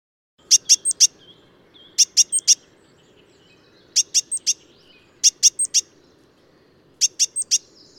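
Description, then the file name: Great tit giving sharp high ringing notes in tight clusters of four, the clusters repeated at short intervals over soft background noise. "Mesange charbonniere cris"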